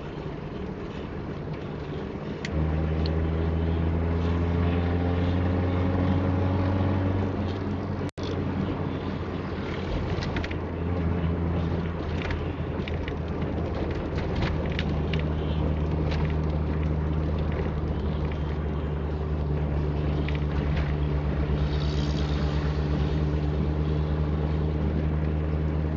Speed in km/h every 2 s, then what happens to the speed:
51, 56, 62, 60, 56, 55, 51, 51, 50, 49, 49, 50, 51.
0-4 speeds up to 62. 4-12 slows to 51. 12-26 steady at about 50.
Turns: none.